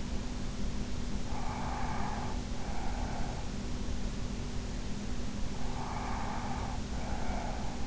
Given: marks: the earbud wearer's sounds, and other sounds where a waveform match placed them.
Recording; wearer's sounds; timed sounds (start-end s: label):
sounds in sleep by an in-ear microphone; breath
1.24-3.57 s: breath
5.52-7.86 s: breath